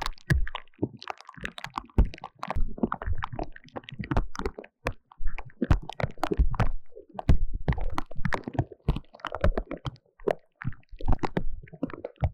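Sparkling water fizzes and pops right in the ear, a dense, irregular crackle of tiny bursts that never settles into a rhythm. Sharp snaps mix with soft, low gurgling thumps, and the clusters swell and thin out every second or so across the whole stretch.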